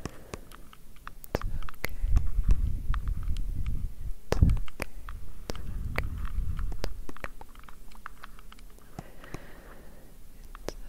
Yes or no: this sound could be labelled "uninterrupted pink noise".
no